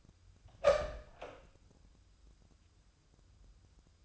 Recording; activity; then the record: daily activity, microphone in the room; open door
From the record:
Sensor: 2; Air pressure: 1004.9 hPa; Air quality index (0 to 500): 74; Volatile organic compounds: 1 ppm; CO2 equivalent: 873 ppm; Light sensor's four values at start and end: 7/17/7/7 and 7/17/7/7